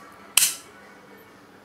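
A folding pocketknife blade is opened again and locks into the handle's ram lock with a single sharp, loud snap at 0.4 s. A bright metallic burst fades quickly into quiet background. The blade is seated and locked open.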